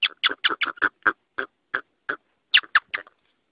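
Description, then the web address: Rock hyrax calls: hoarse, buzzy chucking notes, first in a fast run, then slower and spaced out, ending with a short quick cluster. "aswat Wabbar 01"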